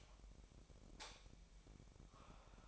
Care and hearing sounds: daily activity, microphone in the room; light off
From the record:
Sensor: 1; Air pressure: 1012.0 hPa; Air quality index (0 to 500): 232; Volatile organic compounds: 6 ppm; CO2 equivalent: 1850 ppm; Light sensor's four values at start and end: 18/50/20/22 and 15/35/15/17

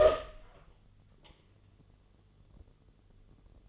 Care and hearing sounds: daily activity, microphone in the room; open door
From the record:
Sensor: 4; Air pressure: 1016.1 hPa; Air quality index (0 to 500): 209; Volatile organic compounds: 13 ppm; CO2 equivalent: 2385 ppm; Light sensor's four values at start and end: 9/20/8/7 and 9/20/8/7

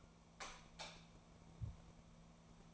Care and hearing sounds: daily activity, microphone in the room; light off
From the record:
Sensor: 1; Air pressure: 1000.0 hPa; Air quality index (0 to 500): 130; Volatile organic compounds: 2 ppm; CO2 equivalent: 1226 ppm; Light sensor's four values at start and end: 39/106/43/52 and 36/90/38/46

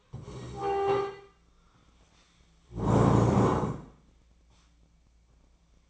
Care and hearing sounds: daily activity, microphone in the room; stand up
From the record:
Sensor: 1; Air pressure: 1012.3 hPa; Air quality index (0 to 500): 174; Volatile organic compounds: 3 ppm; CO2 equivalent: 1433 ppm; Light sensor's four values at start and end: 43/118/48/58 and 44/119/49/60

